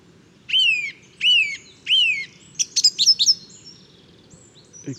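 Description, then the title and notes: Song thrush song: three identical rising-falling whistled notes, then a quick run of several sharp clicking notes and a high thin whistle. Male song thrush singing an inventive, varied song just after daybreak, 12 February 2019, Bois de Château Serein, Côtes-d'Armor; recorded with Nagra Seven and Telinga Pro 7 parabola. "Bois de chateau serein. j&#39;enregistre une magnifique Grive musicienne"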